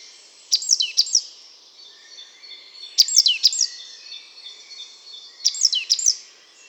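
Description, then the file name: Great tit calling in brief bursts of two or three bright, downward-sweeping high notes about every two and a half seconds. "Parus major"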